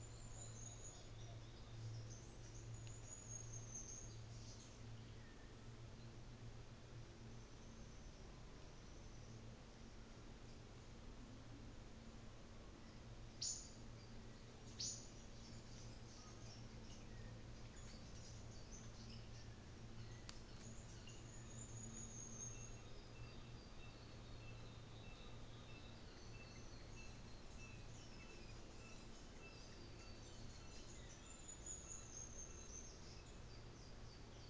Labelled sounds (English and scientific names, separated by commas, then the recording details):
New Zealand Fantail (Rhipidura fuliginosa), North Island Saddleback (Philesturnus rufusater)
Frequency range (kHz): North Island Saddleback (Philesturnus rufusater) 1.1-2.9 kHz
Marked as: faintness 2/5, faintness 4/5
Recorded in New Zealand on 24 December 2018
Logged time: 14:00